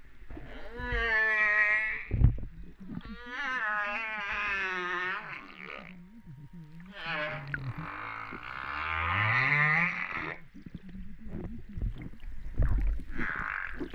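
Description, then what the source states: Humpback whale song: a run of harmonic, wavering cries and whoops, several seconds long, including a low tone that sweeps upward, separated by short pauses. Recorded off Réunion on 13 September 2011 at 08:35:04.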